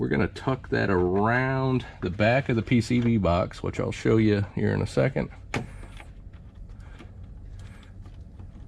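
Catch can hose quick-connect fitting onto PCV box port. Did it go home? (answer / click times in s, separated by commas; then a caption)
yes / 5.5 s. Someone talks while installing a J&L oil separator catch can (3127P) on a 2023-2025 Corvette Z06 Coupe, then the second hose's plastic quick-connect fitting is plugged onto the PCV box port. A sharp snap at 5.5 s marks the fitting seating onto the PCV box, followed by faint handling noises.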